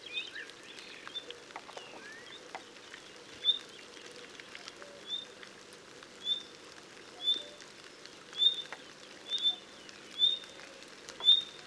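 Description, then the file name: Common nightingale calling: short, high, thin whistled notes repeated roughly every second against quiet background noise. "Luscinia megarhynchos"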